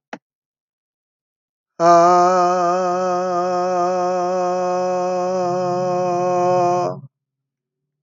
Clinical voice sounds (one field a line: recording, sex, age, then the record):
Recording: vowel held as long as possible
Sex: female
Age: 30 to 39 years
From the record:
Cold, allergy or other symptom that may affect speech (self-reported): no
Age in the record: 38 years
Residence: Texas, United States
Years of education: 12